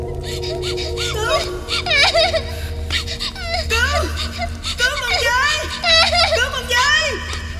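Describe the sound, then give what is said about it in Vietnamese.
Several children cry and wail at once amid screaming and a burning fire, their high, wavering voices overlapping in rising and falling sobs over a steady low rumble that runs underneath throughout. “Đột nhiên Bình nghe có âm thanh gào thét, tiếng của lửa cháy, cả tiếng khóc thảm thiết của trẻ con.”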